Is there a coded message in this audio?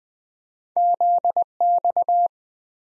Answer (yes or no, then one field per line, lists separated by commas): yes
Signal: Morse code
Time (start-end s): 0.8-2.3 s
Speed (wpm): 20 wpm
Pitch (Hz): 700 Hz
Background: none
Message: ZX